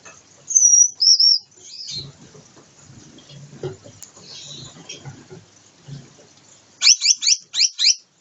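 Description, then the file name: Gouldian finch calls: a wavering high whistle early, quiet rustling in the middle, then a quick burst of five sharp, high descending notes. Gouldian finches during pair formation, performing a courtship dance. "amadiny gulda sozdanie pary bracnyi tanec"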